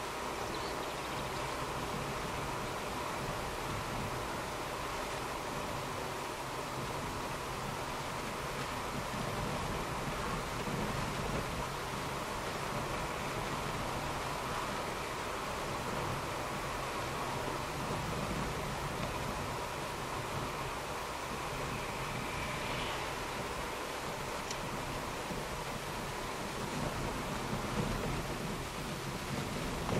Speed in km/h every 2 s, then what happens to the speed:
50, 49, 49, 49, 50, 50, 51, 51, 51, 51, 50, 49, 48, 45, 32.
0-23 steady at about 50. 23-30 slows to 32.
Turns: none.